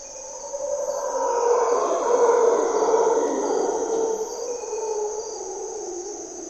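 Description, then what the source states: Mantled howler monkey howling in a long, rough roar that peaks around the middle and trails off, with a constant insect drone. Mantled howler monkeys (Monos Congos) waking the jungle at morning twilight, Parque Nacional Corcovado, Osa Peninsula, Costa Rica; distinctive grunts and calls, males audible from several kilometers away.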